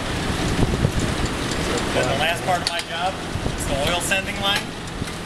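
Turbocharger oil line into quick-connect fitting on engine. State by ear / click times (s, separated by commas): not seated / none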